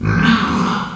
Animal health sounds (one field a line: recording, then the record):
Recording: squeal of a Yucatan mini pig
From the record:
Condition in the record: after surgery on the right vocal fold (resection and tissue-engineered implant)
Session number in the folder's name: 16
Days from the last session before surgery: 183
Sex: female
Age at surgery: 19 weeks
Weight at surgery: 25 kg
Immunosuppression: prednisolone